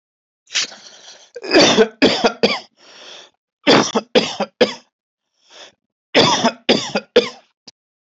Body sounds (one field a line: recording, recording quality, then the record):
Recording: shallow voluntary cough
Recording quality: excellent, no background noise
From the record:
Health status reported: healthy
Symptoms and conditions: none ticked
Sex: male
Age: 38 years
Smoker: not ticked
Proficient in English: yes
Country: India